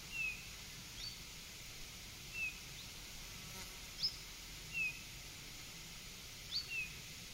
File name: Pyrrhula pyrrhula